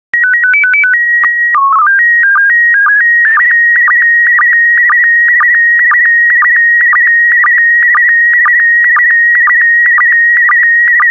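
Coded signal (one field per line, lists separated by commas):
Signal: SSTV (slow-scan television)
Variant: PD 120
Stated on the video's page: PD120 SSTV images generated as daily decoding practice.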